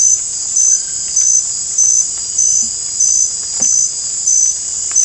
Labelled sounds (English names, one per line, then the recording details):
none
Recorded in dense forest near Puerto Asís, Putumayo, Colombia, on 22 December 2024 at 20:00
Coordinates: 0.481, -76.323
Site G100